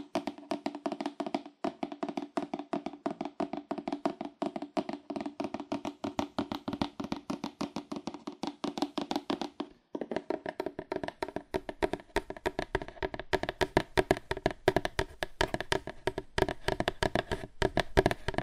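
Fast, aggressive tapping on cardboard, a dense stream of quick hollow knocks with a boxy low-mid ring. The rhythm is rapid and uneven, pausing briefly near the ten-second mark, then returning louder and busier through to the end.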